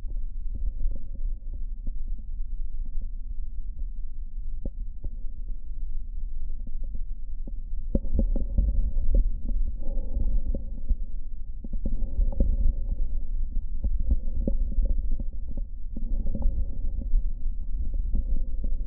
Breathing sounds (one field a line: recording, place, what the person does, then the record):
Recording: lung sounds by stethoscope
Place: right posterior basal chest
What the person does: quiet breathing, then deep breathing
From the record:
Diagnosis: COPD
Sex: male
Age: 77 years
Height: 172 cm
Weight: 94 kg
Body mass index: 31.8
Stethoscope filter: diaphragm mode